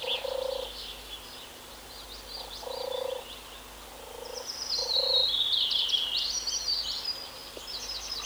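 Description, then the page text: European turtle dove giving a few low purring phrases beneath busy high chirps and whistles from other birds. Cooing turtle dove. "European Turtle Dove (Streptopelia turtur). Koerende zomertortel"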